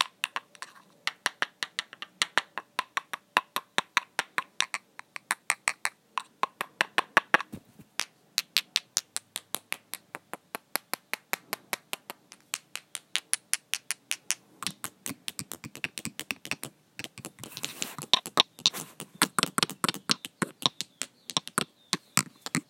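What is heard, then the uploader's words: Fingernails tap on glass nail polish bottles in quick, fairly regular clicks, bright and sharp, running through the whole clip. Around fifteen seconds the tapping grows denser and busier, with some rubbing and handling sounds mixed in before returning to steadier taps. Nail polish bottles ASMR. Various triggers with nail polish bottles — handling, tapping glass bottles, lids, rubbing bottoms together.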